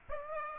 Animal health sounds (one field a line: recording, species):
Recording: mosquito wingbeat signal from an infrared sensor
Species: Aedes aegypti